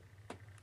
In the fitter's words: all right it was kind of a very quiet click I don't know if my mic picked it up